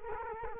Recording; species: mosquito wingbeat signal from an infrared sensor; Culex quinquefasciatus